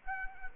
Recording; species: mosquito wingbeat signal from an infrared sensor; Culex quinquefasciatus